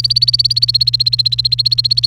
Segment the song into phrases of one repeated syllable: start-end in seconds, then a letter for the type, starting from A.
0.00-2.06 A